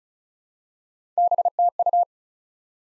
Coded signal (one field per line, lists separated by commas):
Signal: Morse code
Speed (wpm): 36 wpm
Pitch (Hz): 700 Hz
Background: none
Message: BTU